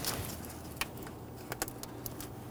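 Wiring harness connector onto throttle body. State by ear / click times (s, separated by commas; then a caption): not seated / none. The wiring harness connector above the throttle body of a 2011-2014 Kia Sorento is lined up and pushed down by hand, with a few brief sharp ticks near 0.8, 1.6 and 2.1 seconds over a low steady background hum. The connector has not seated or clicked in yet.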